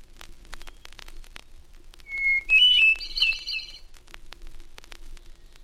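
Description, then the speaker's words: Hermit Thrush song: a steady, pure whistled opening note, then a quick fluty flourish pitched higher, over constant sharp clicks and crackle. Singing from a balsam spire in the Adirondack Mountains; nests in the North Woods. "The first of these, often considered America's foremost songbird, is the hermit thrush, now singing from a balsam spire in the Adirondack Mountains."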